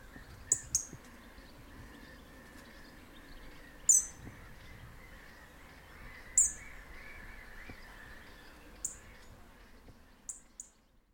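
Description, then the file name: European robin uttering crisp, high tick notes every few seconds, some doubled, against a low background rumble. "Erithacus rubecula"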